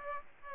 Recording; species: mosquito wingbeat signal from an infrared sensor; Aedes aegypti